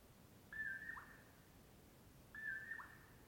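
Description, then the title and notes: Common poorwill calling twice, a flat whistle then a short falling end note, spaced nearly two seconds apart against faint background hiss. Early morning before 4:30 am, 6 July 2016, early summer, in Washington; mellow poor-will-low call. "On the morning of 06 July, 2016, I awoke to the mellow “poor-will-low” of a Common Poorwill"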